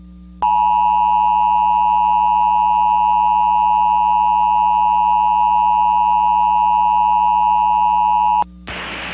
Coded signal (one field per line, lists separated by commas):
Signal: Emergency Alert System (SAME) tones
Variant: 853 and 960 Hz attention tone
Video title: (VALID TONES) EAS Recreation Mock - Hagerstown, MD Tornado Warning (09/08/2012) (DOUBLE RELAY)